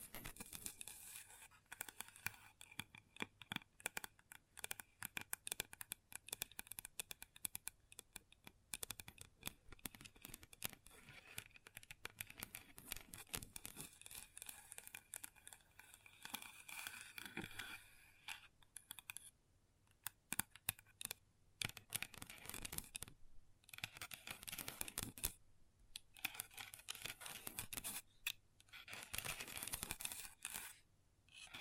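Long nails tap and scratch across a table in a dense, restless stream of crisp clicks and rasping scrapes, with no talking. The sound stays bright and busy throughout, broken by brief near-silent gaps around 20, 24 and 28 seconds.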